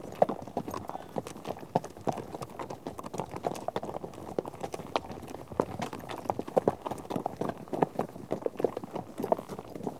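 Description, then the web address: Horses' hooves clopping in a dense, continuous patter as several animals move together, with no calls standing out. A herd of horses out on a trek. "BBC Sound Effects Library - Horses Herd of horses out on trek"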